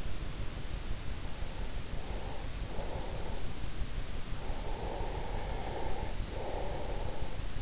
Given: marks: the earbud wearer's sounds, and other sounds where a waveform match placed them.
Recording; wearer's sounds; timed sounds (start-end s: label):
sounds in sleep by an in-ear microphone; breath
0.77-3.80 s: breath
4.20-7.62 s: breath